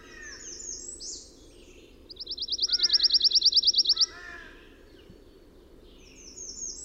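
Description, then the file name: Pine warbler singing one steady, rapid trill of evenly spaced notes lasting about two seconds, rising slightly in volume, while other birds chip and call softly before and after. Eleven songs, recorded 22 June 2001. "2001-06-22 Pine Warbler 11 Songs"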